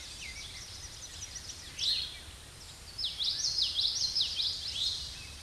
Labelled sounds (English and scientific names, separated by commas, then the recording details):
Common Yellowthroat (Geothlypis trichas) song
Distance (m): 15 m
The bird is about 5 m above the microphone
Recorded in a Pennsylvania forest on 16 May 2024 at 07:59
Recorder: AudioMoth, point MSD-2320
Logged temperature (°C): 12.8 °C
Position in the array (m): 226 m, 181 m